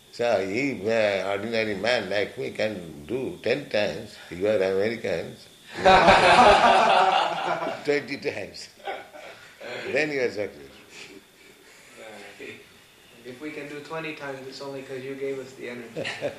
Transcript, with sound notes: So if an ordinary man like me can do ten times, you are Americans--- [laughs] twenty times, then you are successful.
If we can do twenty times, it's only because you gave us the energy.